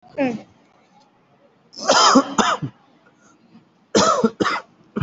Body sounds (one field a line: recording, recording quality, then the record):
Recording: shallow voluntary cough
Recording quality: excellent, no background noise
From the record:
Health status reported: COVID-19 positive, moderate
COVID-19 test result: positive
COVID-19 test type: RT-PCR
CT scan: not taken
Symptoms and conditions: cough, cold, breathing difficulty, sore throat, fever, fatigue, muscle pain, loss of smell and taste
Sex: male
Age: 32 years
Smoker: no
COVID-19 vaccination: none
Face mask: worn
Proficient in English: yes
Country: India